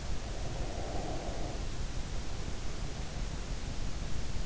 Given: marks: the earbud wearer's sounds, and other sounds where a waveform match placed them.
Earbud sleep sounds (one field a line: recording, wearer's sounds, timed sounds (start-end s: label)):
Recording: sounds in sleep by an in-ear microphone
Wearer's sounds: breath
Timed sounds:
0.01-4.17 s: breath